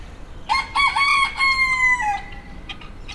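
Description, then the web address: Rooster crowing: a broken opening followed by a long drawn-out note that drops at the end, then a few brief sounds. Recorded in 2010 in the farmyard section of Nyíregyháza Zoo. "allathangok nyiregyhazizoo 2010 standardt parasztudvar gyongytyukeskakas"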